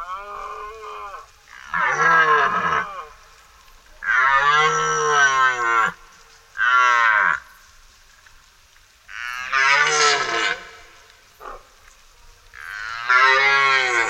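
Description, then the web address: Red deer roaring in a long series of loud, rough bellows, some rising and then falling, separated by short silences. Deer in primeval forest. "Tajemnice puszczy Jelen"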